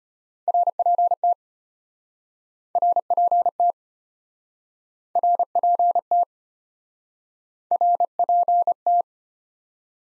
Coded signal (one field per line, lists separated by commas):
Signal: Morse code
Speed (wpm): 34 wpm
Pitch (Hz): 700 Hz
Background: none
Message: RPT RPT RPT RPT